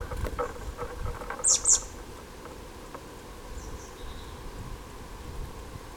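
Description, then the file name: Marsh tit giving two quick, piercing high call notes in succession, followed by fainter high notes, with a low rumbling background throughout. "Poecile palustris"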